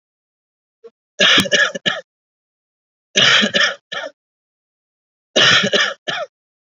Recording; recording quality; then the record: heavy voluntary cough; excellent, no background noise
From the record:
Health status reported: COVID-19 positive, moderate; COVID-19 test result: positive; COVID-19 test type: RT-PCR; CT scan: not taken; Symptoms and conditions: cough, cold, breathing difficulty, sore throat, fever, fatigue, muscle pain, loss of smell and taste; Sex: male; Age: 26 years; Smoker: no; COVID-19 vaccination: both doses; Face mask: worn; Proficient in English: no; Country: India